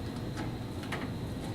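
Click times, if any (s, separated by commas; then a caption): none. A Flojet bag-in-box syrup pump is handled against its mounting bracket, with faint knocks and rustles over a steady low hum and a slightly sharper tap near 0.9 s. Nothing has seated or snapped into place yet.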